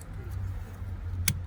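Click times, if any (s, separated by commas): 1.3 s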